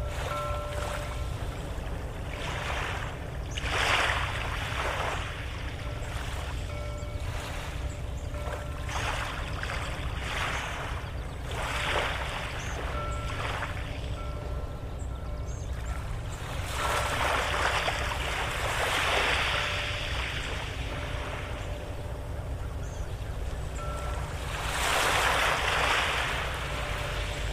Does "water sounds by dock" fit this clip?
yes